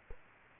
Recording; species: mosquito wingbeat signal from an infrared sensor; Culex quinquefasciatus